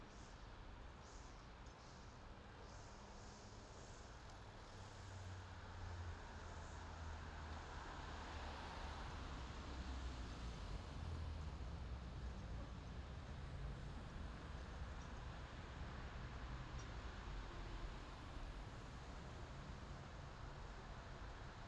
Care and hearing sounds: everyday scene through a hearing-aid microphone; in traffic; traffic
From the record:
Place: main city hub, rush hour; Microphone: in the ear canal, left

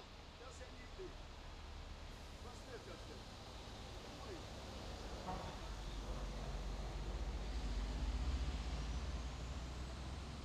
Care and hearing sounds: everyday scene through a hearing-aid microphone; in traffic; traffic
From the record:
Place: main road on the outskirts, rush hour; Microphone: in the ear canal, left

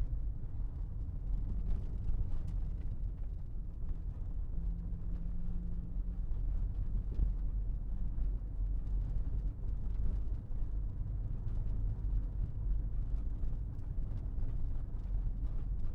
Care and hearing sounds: everyday scene through a hearing-aid microphone; in a vehicle; engine, rumble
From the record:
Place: Berlingo II, diesel engine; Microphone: behind the ear, left, rear

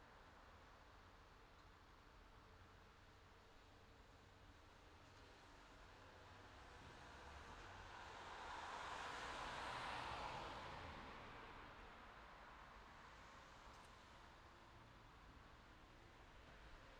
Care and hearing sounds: everyday scene through a hearing-aid microphone; in traffic; traffic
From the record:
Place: city secondary road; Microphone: in the ear canal, left

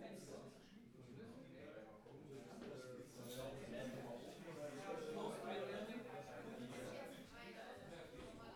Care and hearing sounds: everyday scene through a hearing-aid microphone; many people talking; many voices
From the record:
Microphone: behind the ear, right, rear

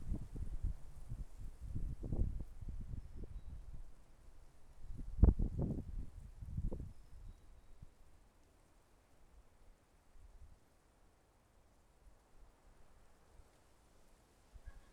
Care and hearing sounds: everyday scene through a hearing-aid microphone; wind on the microphone; wind, traffic, birds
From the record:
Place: suburban garden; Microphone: behind the ear, left, rear

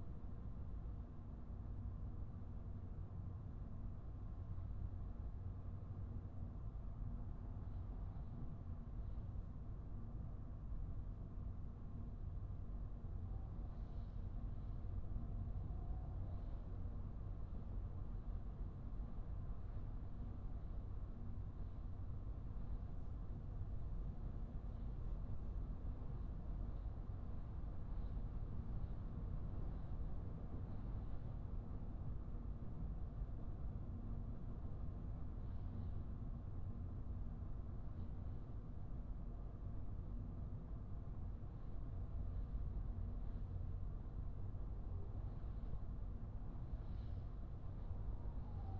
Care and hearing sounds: everyday scene through a hearing-aid microphone; in a vehicle; engine, highway driving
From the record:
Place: Skoda Fabia, gasoline engine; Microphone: behind the ear, right, rear

